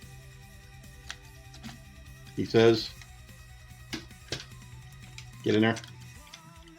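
A plastic part of a transforming robot toy is lined up and pushed into the robot toy body while someone talks over steady background music, with a few light ticks and taps from the handling. Nothing has seated or clicked yet; the clip ends just before the part snaps home.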